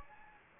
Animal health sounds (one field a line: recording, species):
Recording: mosquito wingbeat signal from an infrared sensor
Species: Anopheles gambiae